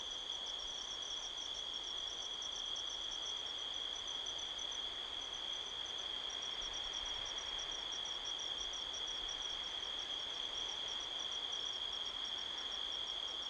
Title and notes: Midnight Soundscape, Sedona, Arizona, USA on 5th October 2023 – by Joe Harvey-Whyte. The sound of crickets can be heard all around